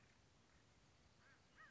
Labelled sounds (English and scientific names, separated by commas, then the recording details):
American Crow (Corvus brachyrhynchos)
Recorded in Sonoma County, California